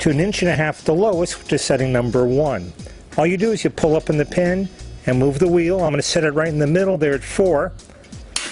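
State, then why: Seated. On a Fiskars StaySharp 17 inch reel mower set on its side, the spring height-adjust pin on a wheel is pulled and the wheel moved to height setting 4 while someone talks. At 8.4 s the pin snaps with a short, sharp click into the metal hole in the mower's side plate, seating the wheel at that setting.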